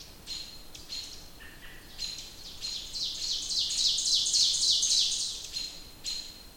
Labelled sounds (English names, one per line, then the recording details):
Ovenbird song
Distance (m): 25 m
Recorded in boreal forest in Alberta, Canada, on 27 June 2016 at 08:10
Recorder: SongMeter 3, array SBT-6-79
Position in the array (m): 207 m, 27 m
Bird 39